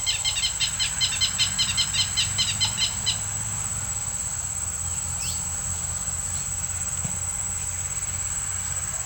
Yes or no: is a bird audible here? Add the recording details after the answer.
yes. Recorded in pastures near Puerto Asís, Putumayo, Colombia, on 8 March 2025 at 17:30. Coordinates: 0.497, -76.327. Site G072